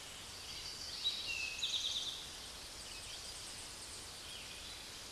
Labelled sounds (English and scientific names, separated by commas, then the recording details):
Eastern Towhee (Pipilo erythrophthalmus) song
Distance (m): 30 m
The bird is about 10 m above the microphone
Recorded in a Pennsylvania forest on 16 May 2024 at 09:30
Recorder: AudioMoth, point MSD-1534
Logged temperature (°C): 15.6 °C
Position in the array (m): 69 m, 14 m